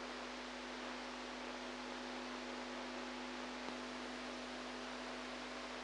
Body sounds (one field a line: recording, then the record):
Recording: brain microelectrode recording played as sound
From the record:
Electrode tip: inside the subthalamic nucleus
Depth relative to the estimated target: -2 mm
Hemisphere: right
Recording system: NeuroSet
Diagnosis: Parkinson's disease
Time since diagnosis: 8 years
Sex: female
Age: 45 years